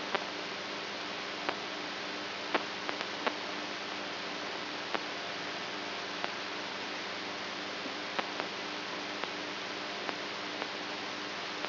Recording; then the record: brain microelectrode recording played as sound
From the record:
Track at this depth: outside the subthalamic nucleus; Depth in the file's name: 6.507 mm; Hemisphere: right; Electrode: 3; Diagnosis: Parkinson's disease